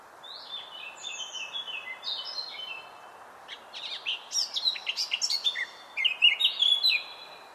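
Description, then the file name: Eurasian blackcap singing: a quick, scratchy warble of varied high notes that turns into clearer, fluty whistles at the close, over a low steady hiss. "Sylvia atricapilla"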